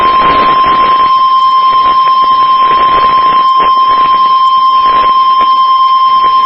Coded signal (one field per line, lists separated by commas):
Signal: Emergency Alert System (SAME) tones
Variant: 1050 Hz attention tone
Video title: EAS Child Abduction Emergency and AMBER ALERT Cancelled Message NOAA Weather Radio Illinois